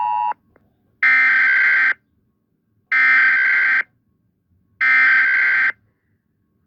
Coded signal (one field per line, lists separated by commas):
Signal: Emergency Alert System (SAME) tones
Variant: header bursts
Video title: All ANASALORAS territories EAS alarms (FIXED)